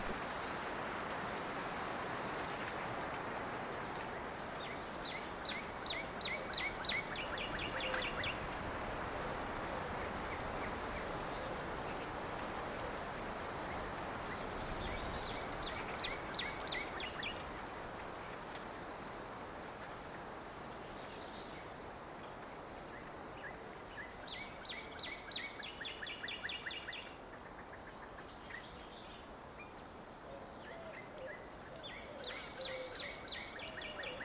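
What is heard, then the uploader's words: A creek rushes steadily along a canyon birding trail, its dense, even hiss filling the whole recording. Above it, a bird sings short, rapid chattering phrases every several seconds, around 6, 15, 25 and 32 seconds, bright. Sonoita Creek. Patagonia Lake State Park on the Birding Trail which winds through Sonoita Canyon.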